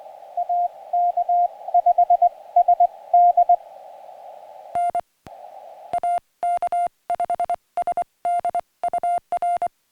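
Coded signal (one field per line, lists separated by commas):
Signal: Morse code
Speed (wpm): 23 wpm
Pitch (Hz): 700 Hz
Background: music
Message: AK5SD N AK5SD UR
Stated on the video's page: Morse from a Summits on the Air activation, on 2-meter CW with the PackTenna TrekMount antenna and on HF bands.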